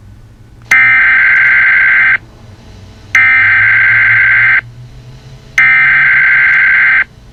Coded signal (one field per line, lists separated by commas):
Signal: Emergency Alert System (SAME) tones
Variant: header bursts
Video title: EAS Scenario Chuck E Cheese Incident Remastered